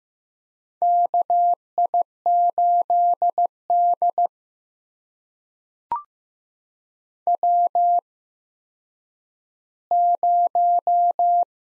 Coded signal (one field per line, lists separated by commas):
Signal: Morse code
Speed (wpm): 15 wpm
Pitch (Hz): 700 Hz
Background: none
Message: KI8D W0